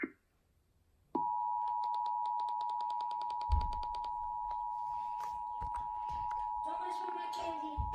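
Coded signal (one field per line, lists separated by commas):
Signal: Emergency Alert System (SAME) tones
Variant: 853 and 960 Hz attention tone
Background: speech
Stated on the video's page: Simulated, fake flash flood warning for Los Angeles, not a real broadcast.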